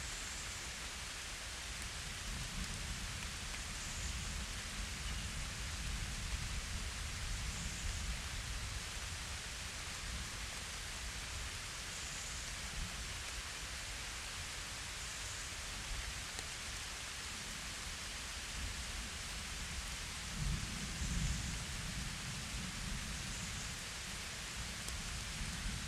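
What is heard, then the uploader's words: Calm rain falls steadily in a forest, a dense, even hiss that holds for the whole clip without pause. Underneath, a soft low rumble of distant thunder rolls and shifts, swelling briefly around twenty seconds before settling back. Calm rain and thunder in the forest.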